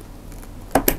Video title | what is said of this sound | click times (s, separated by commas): Tutorial Rakit PC Lengkap dengan Cara Install Windows | pasang RAM itu selalu identik dengan bunyi ceklek gitu ya, jadi harus pastikan berbunyi. | 0.8 s, 0.9 s